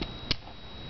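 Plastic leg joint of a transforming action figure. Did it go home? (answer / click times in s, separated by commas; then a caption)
yes / 0.3 s. A plastic leg joint of a transforming action figure is pulled down during its robot-mode transformation. A sharp little click at 0.3 s is the loudest sound, with fainter ticks near the start and end. The click shows the leg joint has seated into position.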